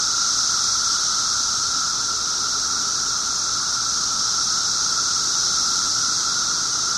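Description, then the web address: A periodical cicada chorus holds one unchanging mid-pitched whine over a high, hissy wash, with no gaps or changes in rhythm. 17-year cicadas; recorded 24 June 2007 at 1:30 pm. "cicadas 6 24 07 1 ' 30 pm. 17 yrcicada"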